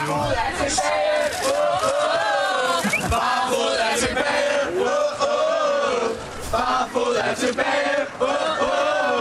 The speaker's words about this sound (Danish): Men her er, hvor her er det begejstrede KU'er, der jubler over, at helten Barfod igen er tilbage på en ministertaburet.